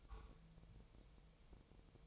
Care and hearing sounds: daily activity, microphone in the room; take from stove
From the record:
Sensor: 1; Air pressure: 999.4 hPa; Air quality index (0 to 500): 198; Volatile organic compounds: 39 ppm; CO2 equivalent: 3137 ppm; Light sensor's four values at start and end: 9/22/8/9 and 9/22/8/9

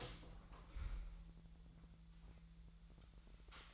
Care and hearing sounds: daily activity, microphone in the room; open door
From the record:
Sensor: 3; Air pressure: 1001.4 hPa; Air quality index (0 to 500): 249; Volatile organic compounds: 158 ppm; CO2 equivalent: 4056 ppm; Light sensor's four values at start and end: 12/29/12/12 and 13/31/13/13

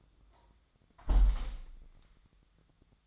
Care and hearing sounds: daily activity, microphone in the room; close window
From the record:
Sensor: 3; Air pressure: 1004.6 hPa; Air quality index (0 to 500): 99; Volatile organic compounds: 4 ppm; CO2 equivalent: 1541 ppm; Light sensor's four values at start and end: 7/16/6/6 and 7/16/6/6

